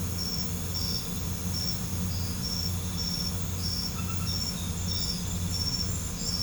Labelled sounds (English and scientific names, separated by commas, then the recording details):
none
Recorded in pastures near Puerto Asís, Putumayo, Colombia, on 20 December 2024 at 20:30
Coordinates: 0.505, -76.324
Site G063